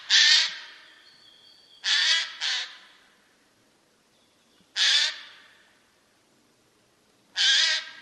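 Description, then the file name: Eurasian jay giving harsh, rasping screeches, one single, then a quick double, then two more single screams separated by several seconds of quiet. "geai"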